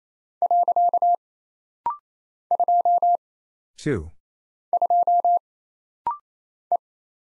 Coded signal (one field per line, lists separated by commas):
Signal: Morse code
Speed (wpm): 29 wpm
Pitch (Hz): 700 Hz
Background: none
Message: . 2 2 E